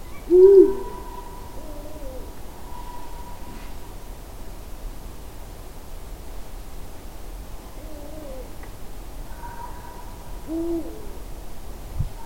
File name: Uhu Alarm